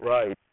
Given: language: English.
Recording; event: throat vibration sensor signal played as sound; speech